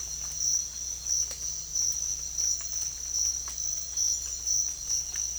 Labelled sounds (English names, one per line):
none